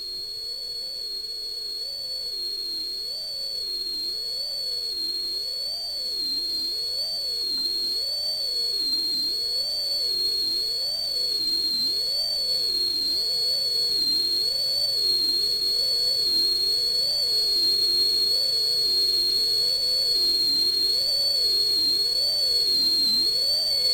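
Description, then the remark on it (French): A whistled jingle from Le Désordre, Philippe de Jonquière's website désordre.net, repeats a short rising-and-falling phrase over and over at a steady pace, mid-pitched and sustained, with a thin high steady tone hovering above it throughout and no voices. “J'ai une petite virgule, sifflet, c'est parti.”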